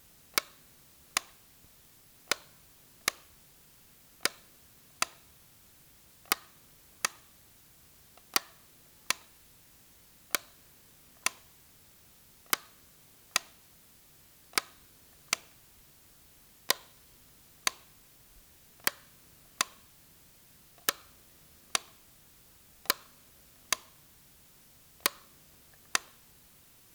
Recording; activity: daily activity, guitar pickup as the sensor; operate light